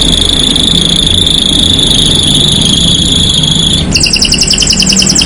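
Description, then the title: Canary holding a long steady high whistled note for several seconds, followed by a short burst of rapid trilling, with low background hum. Song to warm up and stimulate Belgian canaries; black-red canary singing actively (gacor). "Canto Para Esquentar Canário Belga. Suara Burung Kenari Black red Gacor Dor"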